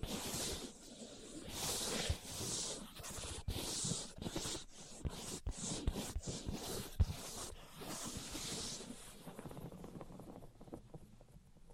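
Tapping, scratching and tracing sounds follow one another in quick, uneven bursts. Bright hissy scrapes swell and fade every second or so, broken by sharp taps, busiest in the first eight seconds. Toward the end the strokes grow softer and sparser, trailing into quiet.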